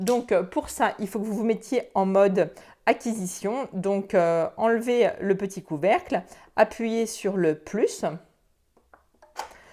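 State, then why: Released. A woman talks for most of the clip while a small cover is removed and the '+' button is pressed on a Sureflap Connect microchip-recognition electronic cat flap to put it into learning mode. A sharp clack is heard at 9.4 s as the cat flap's two small plastic locking latches click open, releasing the door.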